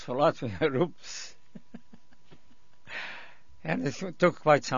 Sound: he laughs

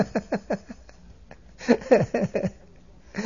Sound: he laughs

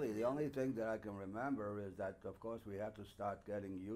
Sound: none

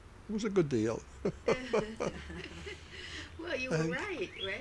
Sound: they laugh

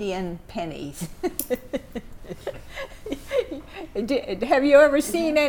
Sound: laughs

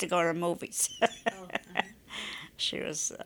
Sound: she laughs

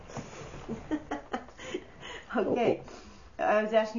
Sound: she laughs

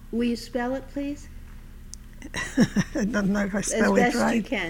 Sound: she laughs

